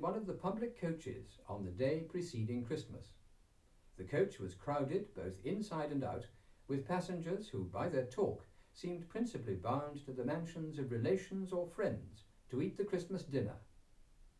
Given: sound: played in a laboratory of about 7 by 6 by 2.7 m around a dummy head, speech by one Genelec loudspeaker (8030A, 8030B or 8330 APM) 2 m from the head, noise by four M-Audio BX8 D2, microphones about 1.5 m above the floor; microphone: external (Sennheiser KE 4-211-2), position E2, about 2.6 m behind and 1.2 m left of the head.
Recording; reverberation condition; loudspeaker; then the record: male speech in English; low; 90 degrees to the right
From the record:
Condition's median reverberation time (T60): about 310 ms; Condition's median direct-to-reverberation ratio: about 3.5 dB